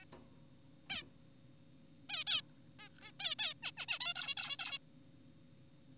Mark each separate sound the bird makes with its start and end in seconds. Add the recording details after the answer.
0.90-1.03, 2.10-2.24, 2.27-2.42, 2.79-2.89, 3.01-3.12, 3.20-3.35, 3.39-3.54, 3.63-3.72, 3.77-3.86, 3.88-3.99, 4.00-4.14, 4.16-4.34, 4.37-4.56, 4.59-4.78. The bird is an adult. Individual g4p5U